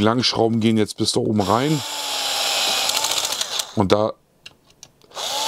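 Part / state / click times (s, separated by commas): screw driven into RC car plastic chassis by cordless screwdriver / torque reached / 4.5 s, 4.8 s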